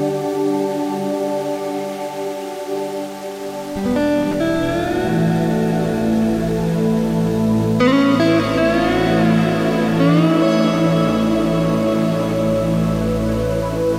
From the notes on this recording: ambient harmony with slide guitar and sound of rain